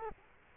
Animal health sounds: mosquito wingbeat signal from an infrared sensor; Culex quinquefasciatus

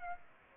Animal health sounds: mosquito wingbeat signal from an infrared sensor; Aedes aegypti

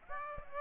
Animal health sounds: mosquito wingbeat signal from an infrared sensor; Aedes aegypti

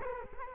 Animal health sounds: mosquito wingbeat signal from an infrared sensor; Culex quinquefasciatus

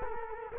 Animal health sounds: mosquito wingbeat signal from an infrared sensor; Culex quinquefasciatus

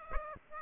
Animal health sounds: mosquito wingbeat signal from an infrared sensor; Aedes aegypti

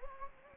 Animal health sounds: mosquito wingbeat signal from an infrared sensor; Anopheles gambiae

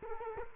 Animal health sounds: mosquito wingbeat signal from an infrared sensor; Culex quinquefasciatus

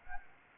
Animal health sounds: mosquito wingbeat signal from an infrared sensor; Anopheles gambiae

